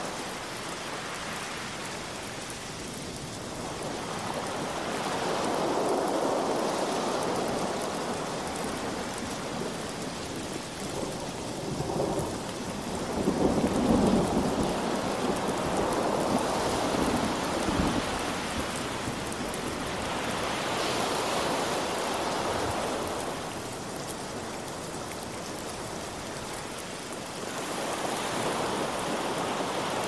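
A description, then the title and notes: Rain falls steadily with ocean waves rolling underneath, their hiss swelling and easing in slow surges every few seconds. The loudest swell builds around the middle, near fourteen seconds, with a deep rumble. Quieter washes return later, near twenty-one and twenty-eight seconds. Rain And Thunder Sound With Ocean Waves.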